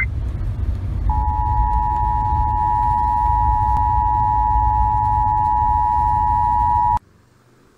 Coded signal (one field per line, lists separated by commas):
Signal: Emergency Alert System (SAME) tones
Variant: 853 and 960 Hz attention tone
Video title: NOAA Weather Radio Weekly Tests (EAS #1248-1252)